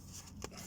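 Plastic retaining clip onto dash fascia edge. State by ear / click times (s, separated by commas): seated / 0.4 s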